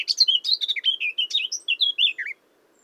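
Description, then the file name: Eurasian blackcap song: a rapid, varied warble of chattering and fluty notes lasting just over two seconds, ending on lower slurred whistles, then quiet. "Sylvia atricapilla"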